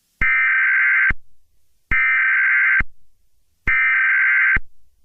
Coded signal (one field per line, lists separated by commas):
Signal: Emergency Alert System (SAME) tones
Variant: header bursts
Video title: Yellowstone Eruption, EAS Scenario